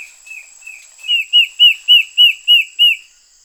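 Bird calling: a few faint notes, then seven loud, arched whistled notes given about three each second, with a faint steady high hiss behind.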